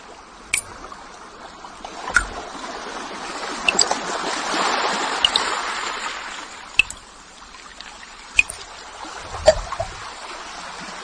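Water falls and trickles steadily, with crisp ticks and drips scattered through it, the sharpest around one, two, four, seven, eight and a half and nine and a half seconds. A soft wash of water swells in the middle, peaking near five seconds, then eases back.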